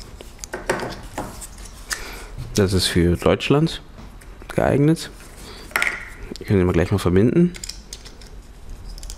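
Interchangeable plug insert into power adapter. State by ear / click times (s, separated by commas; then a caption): not seated / none. Someone talks while handling a plastic country-specific plug insert next to the power adapter of a Creative D100 speaker system, with a few light plastic taps and clicks between the words. The insert has not yet been pushed home, and nothing has seated or clicked into place yet.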